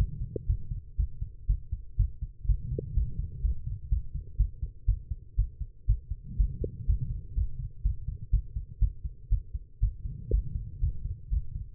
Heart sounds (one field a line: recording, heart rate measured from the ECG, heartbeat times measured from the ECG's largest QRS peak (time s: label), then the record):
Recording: heart sounds by stethoscope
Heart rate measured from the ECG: 122 bpm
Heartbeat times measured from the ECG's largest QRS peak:
0.47 s: heartbeat
0.97 s: heartbeat
1.47 s: heartbeat
1.97 s: heartbeat
2.47 s: heartbeat
2.95 s: heartbeat
3.42 s: heartbeat
3.90 s: heartbeat
4.37 s: heartbeat
4.86 s: heartbeat
5.36 s: heartbeat
5.87 s: heartbeat
6.37 s: heartbeat
6.87 s: heartbeat
7.35 s: heartbeat
7.83 s: heartbeat
8.31 s: heartbeat
8.79 s: heartbeat
9.29 s: heartbeat
9.80 s: heartbeat
10.31 s: heartbeat
10.81 s: heartbeat
11.30 s: heartbeat
From the record:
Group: healthy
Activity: rest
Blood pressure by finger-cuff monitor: 142/77 mmHg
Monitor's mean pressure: 93 mmHg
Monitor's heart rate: 120 bpm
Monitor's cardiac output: 9.6 L/min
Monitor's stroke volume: 79 mL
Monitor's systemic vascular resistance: 710 dyn s/cm5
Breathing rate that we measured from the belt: 16 breaths a minute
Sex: female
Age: 19 years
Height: 163 cm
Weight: 51 kg